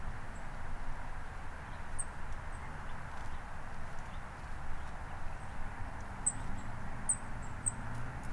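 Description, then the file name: Golden-crowned kinglet giving very high, thin, short call notes, scattered and clustered near the end, over a steady low rumble of background noise. "Golden crowned Kinglet Regulus satrapa"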